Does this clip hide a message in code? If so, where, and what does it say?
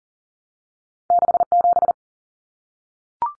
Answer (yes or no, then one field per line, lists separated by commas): yes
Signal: Morse code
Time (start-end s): 1.1-1.9 s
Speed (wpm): 40 wpm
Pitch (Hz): 700 Hz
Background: none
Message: 67